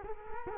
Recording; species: mosquito wingbeat signal from an infrared sensor; Culex quinquefasciatus